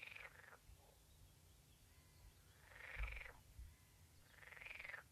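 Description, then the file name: Green frog giving three buzzy, harmonic croaks, with low rumbling noise beneath. "grenouille verte"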